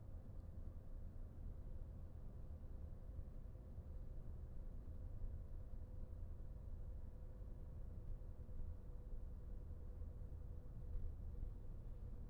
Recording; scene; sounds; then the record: everyday scene through a hearing-aid microphone; in a vehicle; engine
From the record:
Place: VW T5 Caravelle, diesel engine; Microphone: behind the ear, right, rear